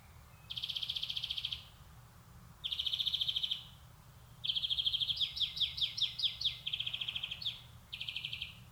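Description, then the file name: European greenfinch song of rapid buzzy trills, then a longer run mixing trilled notes with quick twittering downslurred notes, ending in another trill. "Chloris chloris"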